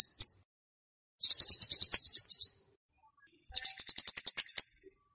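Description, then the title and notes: Flowerpecker giving one thin upslurred chirp, then two rattling trills of high, evenly spaced ticks, each just over a second long, separated by silence. Chirping played as a lure for attracting and catching birds. "Kicau Untuk Pancing Burung Kemade ( Cabe Cabean). Suara Burung Cabe Cabean Pikat"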